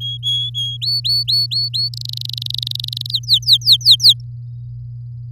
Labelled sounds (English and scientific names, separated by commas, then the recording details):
Domestic Canary (Serinus canaria) song
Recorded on 4 May 2018 at 06:25
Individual llb16